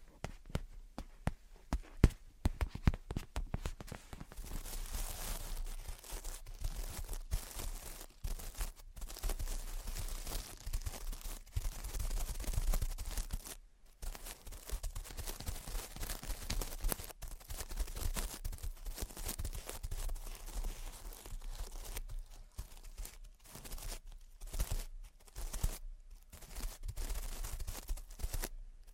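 Gentle tapping and scratching runs almost without a break, a dense patter of small, crisp clicks and rasps with bright edges. Quick taps cluster tightly in the first few seconds, then settle into an uneven scratching rhythm with brief pauses near 9, 14 and 23 seconds.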